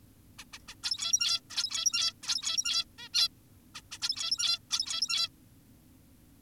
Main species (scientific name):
Taeniopygia guttata